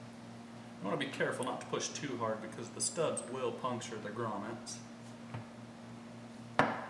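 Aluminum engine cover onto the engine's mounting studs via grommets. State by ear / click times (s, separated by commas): seated / 6.6 s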